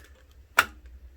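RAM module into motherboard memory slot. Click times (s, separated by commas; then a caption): 0.6 s. A RAM module is pushed down into its motherboard DIMM slot until the retaining clips snap shut. A sharp, bright click sounds at 0.6 s over a low steady hum, with a few faint ticks around it, and the stick is seated.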